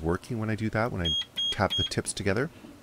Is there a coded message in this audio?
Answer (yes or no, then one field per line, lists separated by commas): no